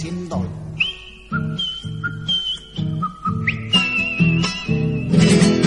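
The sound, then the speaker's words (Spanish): A person whistles a tune of clear, high notes, some held long and some sliding upward, over a steady, rhythmic low accompaniment that pulses underneath. “En la confitería La Europea lo escuchó un representante de la comisión organizadora y se ganó el corazón de la Próspero Molina con el silbidito.”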